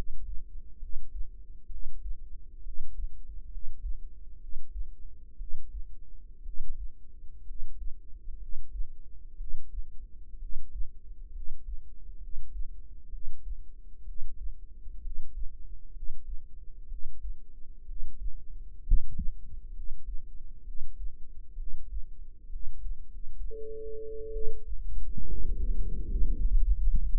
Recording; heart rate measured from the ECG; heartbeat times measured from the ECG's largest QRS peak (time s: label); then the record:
heart sounds by microphone in the right ear; 64 bpm
0.77 s: heartbeat
1.67 s: heartbeat
2.60 s: heartbeat
3.47 s: heartbeat
4.37 s: heartbeat
5.35 s: heartbeat
6.41 s: heartbeat
7.43 s: heartbeat
8.36 s: heartbeat
9.35 s: heartbeat
10.37 s: heartbeat
11.30 s: heartbeat
12.17 s: heartbeat
13.08 s: heartbeat
14.03 s: heartbeat
14.99 s: heartbeat
15.90 s: heartbeat
16.86 s: heartbeat
17.83 s: heartbeat
18.81 s: heartbeat
19.70 s: heartbeat
20.62 s: heartbeat
21.54 s: heartbeat
22.47 s: heartbeat
23.04 s: heartbeat
24.30 s: heartbeat
25.24 s: heartbeat
26.04 s: heartbeat
26.82 s: heartbeat
From the record:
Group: healthy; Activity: rest 0-25 s, breath hold 25-27 s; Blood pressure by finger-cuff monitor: 104/66 mmHg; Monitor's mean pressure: 78 mmHg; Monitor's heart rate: 64 bpm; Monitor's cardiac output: 5.2 L/min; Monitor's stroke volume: 81 mL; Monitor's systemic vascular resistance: 1080 dyn s/cm5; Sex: female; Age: 22 years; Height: 171 cm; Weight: 65.6 kg